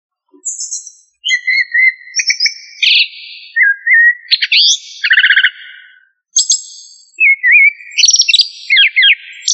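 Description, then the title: Thrush song of varied whistled phrases, some fluty and level, others quickly rising or trilled, delivered in bursts separated by brief gaps. "Familia Turdidae - Sabia"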